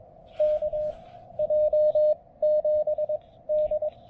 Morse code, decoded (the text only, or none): KJ7D